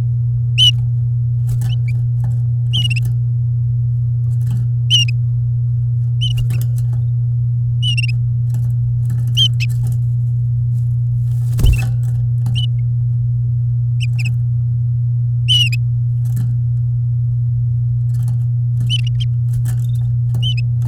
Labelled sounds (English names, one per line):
Domestic Canary song